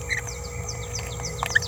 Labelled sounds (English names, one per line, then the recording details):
Green-rumped Parrotlet babbling
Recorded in a nest box in Venezuela
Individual 18B17A4